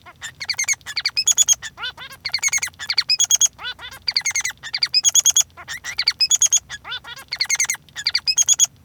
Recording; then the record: song of a male Bengalese finch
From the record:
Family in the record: son of father 3